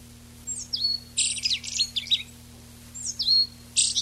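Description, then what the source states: Eyebrowed thrush song: sliding high whistled notes, each followed by a bright, squeaky twittering burst; heard twice, the second cut short. Recorded 19 June 1991.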